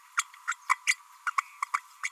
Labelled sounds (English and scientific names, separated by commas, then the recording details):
Green-rumped Parrotlet (Forpus passerinus) babbling
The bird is a female
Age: 31 days
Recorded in a nest box in Venezuela
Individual 17B32A5